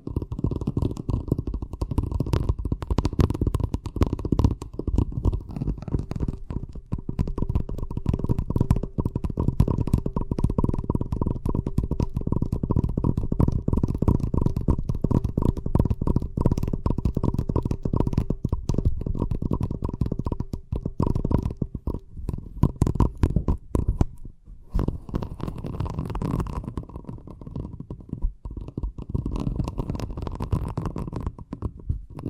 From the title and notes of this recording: ASMR Braingasm Inducing Fast Tapping (No Talking).